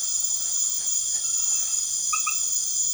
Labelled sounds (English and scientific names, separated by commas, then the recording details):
none
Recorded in secondary vegetation near Puerto Asís, Putumayo, Colombia, on 12 March 2025 at 22:30
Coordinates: 0.489, -76.322
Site G042